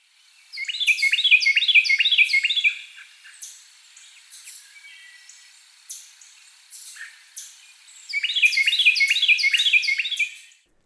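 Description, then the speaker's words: Carolina Wren song, loud ringing rolling phrases repeated rapidly for two seconds, a pause with scattered chip notes, then another burst of the same rolling phrases. Male song; the male sings daily, up to 4 hours a day, and needs more calories to keep it up. "This is likely because the male needs more calories in order to keep up his daily singing."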